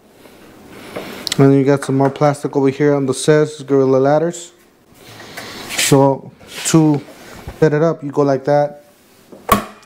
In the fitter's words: locks into place